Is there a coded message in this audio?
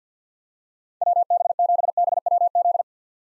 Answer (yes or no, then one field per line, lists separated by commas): yes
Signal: Morse code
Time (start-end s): 1.0-2.8 s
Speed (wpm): 50 wpm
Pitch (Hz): 700 Hz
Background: none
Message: WB7BWZ